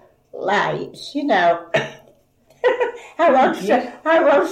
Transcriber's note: laughs